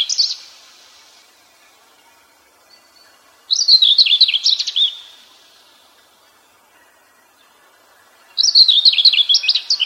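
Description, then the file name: Common whitethroat repeating short, scratchy warbled phrases, three in all with the first and last cut off, spaced about five seconds apart. "slavka seraja"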